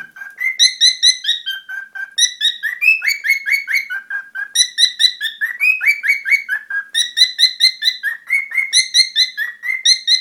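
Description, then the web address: Cockatiel chirps, short bright notes repeated quickly in long runs, with short breaks and a few higher notes mixed in. "korella"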